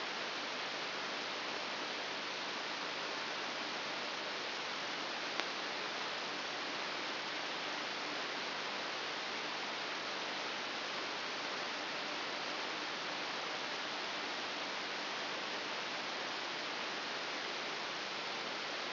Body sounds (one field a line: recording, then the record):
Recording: brain microelectrode recording played as sound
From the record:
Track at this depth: inside the subthalamic nucleus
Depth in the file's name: 4.402 mm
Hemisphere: right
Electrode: 3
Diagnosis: Parkinson's disease